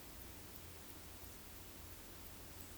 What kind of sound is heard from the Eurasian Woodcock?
whistle